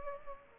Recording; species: mosquito wingbeat signal from an infrared sensor; Culex pipiens